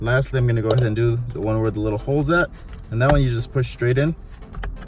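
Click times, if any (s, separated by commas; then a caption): 4.5 s, 4.6 s. A tool is pushed straight into the last access hole of a 2019 Nissan Altima steering wheel to release the driver airbag's retaining clip while someone talks. Two short clicks at 4.5 and 4.6 seconds mark the clip popping out and releasing.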